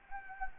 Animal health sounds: mosquito wingbeat signal from an infrared sensor; Anopheles arabiensis

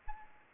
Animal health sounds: mosquito wingbeat signal from an infrared sensor; Aedes aegypti

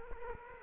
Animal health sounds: mosquito wingbeat signal from an infrared sensor; Culex quinquefasciatus

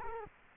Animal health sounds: mosquito wingbeat signal from an infrared sensor; Culex quinquefasciatus

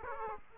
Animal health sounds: mosquito wingbeat signal from an infrared sensor; Aedes aegypti

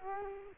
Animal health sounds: mosquito wingbeat signal from an infrared sensor; Culex quinquefasciatus

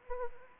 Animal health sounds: mosquito wingbeat signal from an infrared sensor; Anopheles arabiensis

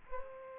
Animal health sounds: mosquito wingbeat signal from an infrared sensor; Aedes aegypti

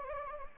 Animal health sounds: mosquito wingbeat signal from an infrared sensor; Anopheles gambiae

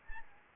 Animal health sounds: mosquito wingbeat signal from an infrared sensor; Anopheles arabiensis

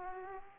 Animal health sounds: mosquito wingbeat signal from an infrared sensor; Aedes aegypti

